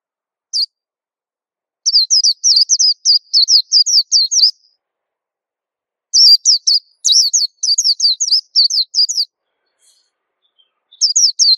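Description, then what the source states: White-eye song in repeated bouts: a lone chip, then two long strings of high, quick descending twitters separated by pauses, and a final phrase starting. Song described as melodious and long.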